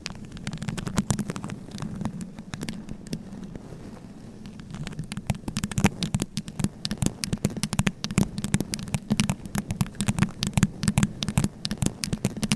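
Scratching, tapping and brushing right on a microphone, with a steady low hum beneath. The first few seconds are softer, a dense brushy rustle; after about five seconds sharp clicks and taps come quickly and irregularly, crowding the rest of the clip.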